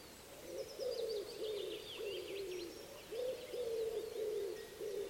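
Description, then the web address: Common wood pigeon cooing, a run of soft, low, hooting notes in steady rhythm, with thin chirping of small birds higher above. "cianscape. Deverinetal 2025. Bird Only"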